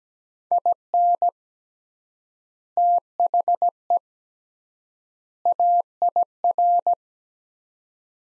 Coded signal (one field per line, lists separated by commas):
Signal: Morse code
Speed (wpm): 17 wpm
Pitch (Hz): 700 Hz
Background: none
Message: IN THE AIR